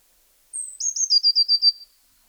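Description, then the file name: Eurasian blue tit song: a thin, high introductory note followed by a quick, slightly descending trill of several notes, lasting over a second, in otherwise quiet surroundings. "Cyanistes caeruleus"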